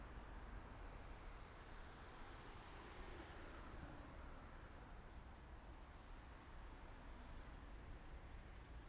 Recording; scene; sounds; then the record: everyday scene through a hearing-aid microphone; in traffic; traffic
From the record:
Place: main city hub, rush hour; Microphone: behind the ear, right, rear